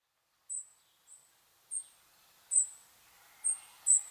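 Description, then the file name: European robin calls: high, thin short notes given in an uneven series, six in about four seconds, over quiet background. "Erithacus rubecula"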